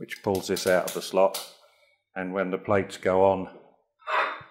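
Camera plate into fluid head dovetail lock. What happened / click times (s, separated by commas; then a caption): Handled, not yet home: no seating click yet / none. Someone talks while handling a metal camera plate and the safety lever on the dovetail lock of a Ronford Baker Atlas 7 fluid head, with a short rustling sound near the end. The plate has not gone home yet, so nothing has seated or clicked.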